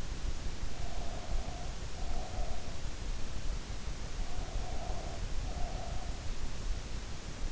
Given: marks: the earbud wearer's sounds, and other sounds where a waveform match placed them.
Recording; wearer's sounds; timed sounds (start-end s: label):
sounds in sleep by an in-ear microphone; breath
0.47-2.88 s: breath
4.30-6.22 s: breath